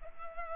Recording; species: mosquito wingbeat signal from an infrared sensor; Culex pipiens